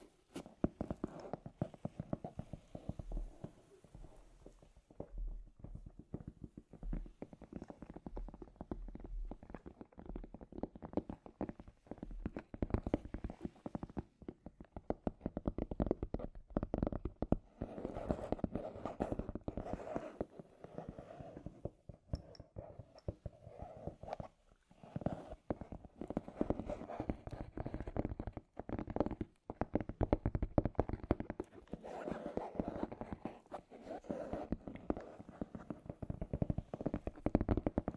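Scratchy tapping runs for the whole stretch, a dense, irregular stream of small dry hits and scrapes with no steady beat. The texture is mostly mid and low, with brighter clicks flaring through and a couple of brief pauses near 25 and 29 seconds.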